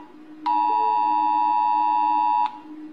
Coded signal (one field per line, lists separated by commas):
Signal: Emergency Alert System (SAME) tones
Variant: 853 and 960 Hz attention tone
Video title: Rating eas alerts